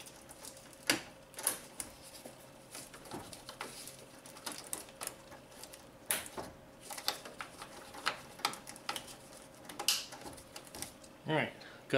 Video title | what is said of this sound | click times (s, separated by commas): Honda Accord Radiator/Condenser Fan Assembly Replacement (2003-2007) | that side all snapped in | 0.9 s, 1.5 s, 6.1 s, 7.1 s, 8.1 s, 9.9 s